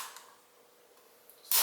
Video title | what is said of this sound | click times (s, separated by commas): Hawkins Precision Hunter DMB Bottom Metal & Mag Review - GEAR GOGGLES | it nice and tight you'll hear a very audible click again you can adjust that with the uh | 1.5 s